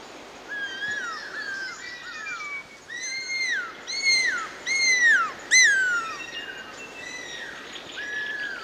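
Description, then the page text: Cuckoo-roller calling: a series of falling whistles, soft at first, loudest in the middle, then softer again, over constant background hiss. "Курол (Leptosomus discolor)"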